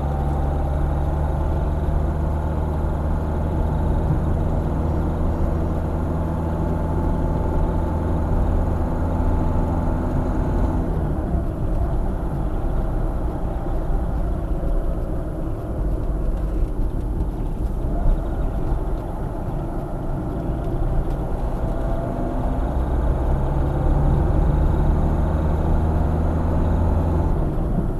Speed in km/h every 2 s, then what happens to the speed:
55, 56, 57, 58, 58, 58, 54, 47, 42, 39, 45, 53, 58, 57.
0-10 steady at about 57. 10-18 slows to 39. 18-24 speeds up to 58.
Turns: none.